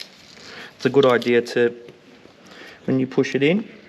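A plastic air line for the rear suspension airbag of an LC300 is being handled at a push-to-connect fitting while someone talks, with a brief faint tick at the very start over low background noise. The line has not yet been pushed home, and nothing has seated or clicked yet.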